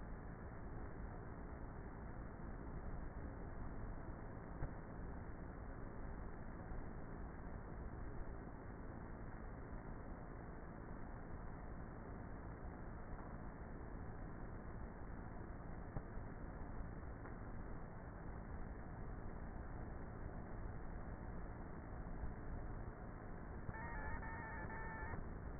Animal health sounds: honeybee colony, microphone inside the hive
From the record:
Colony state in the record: queenless with a low population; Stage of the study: before two queens were removed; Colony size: about 30,000 bees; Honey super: no

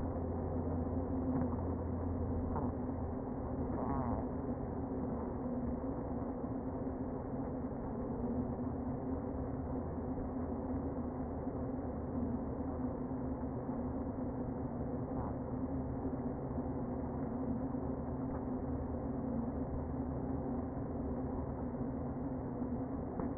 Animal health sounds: honeybee colony, microphone inside the hive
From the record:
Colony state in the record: queen present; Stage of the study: before two queens were removed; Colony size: about 60,000 bees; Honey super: yes

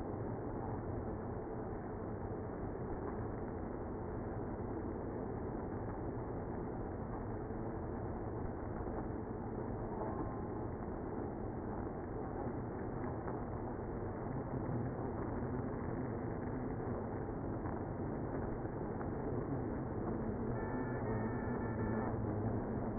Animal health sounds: honeybee colony, microphone inside the hive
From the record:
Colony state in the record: queenless (queen removed); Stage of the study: after two queens were removed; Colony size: about 60,000 bees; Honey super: yes

